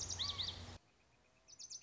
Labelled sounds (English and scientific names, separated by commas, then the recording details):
Lazuli Bunting (Passerina amoena)
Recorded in Sonoma County, California